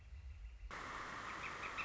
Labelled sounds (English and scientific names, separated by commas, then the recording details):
Northern Flicker (Colaptes auratus)
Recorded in Sonoma County, California